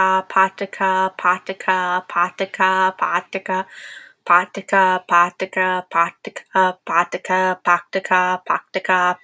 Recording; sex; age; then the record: repeated syllables /pa ta ka/; female; 20 to 29 years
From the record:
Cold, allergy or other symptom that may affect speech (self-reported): no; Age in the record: 21 years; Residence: Florida, United States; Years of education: 16